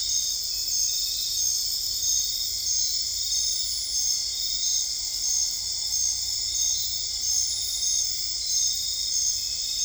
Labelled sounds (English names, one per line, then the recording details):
none
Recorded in dense forest near Puerto Asís, Putumayo, Colombia, on 20 December 2024 at 23:30
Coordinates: 0.485, -76.318
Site GP03